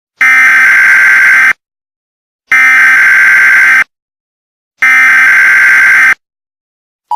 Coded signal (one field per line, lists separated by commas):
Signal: Emergency Alert System (SAME) tones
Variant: header bursts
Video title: EAS Scenario#1: HALLOWEEN SPECIAL EAS